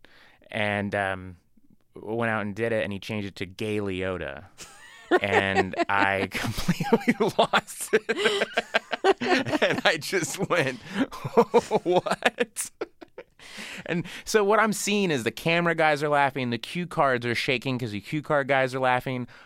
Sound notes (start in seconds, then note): 4.6 laughter; 8.0 laughter